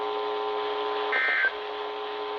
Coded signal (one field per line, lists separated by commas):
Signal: Emergency Alert System (SAME) tones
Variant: end-of-message bursts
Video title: EAS #1,000! EAS Alerts from 6/16/22 (EAS #995-1,015)